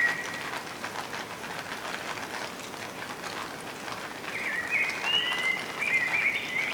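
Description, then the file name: Common blackbird song: a held whistle at the start, then a longer warbled phrase of fluty notes amid patter resembling rain. "Turdus merula"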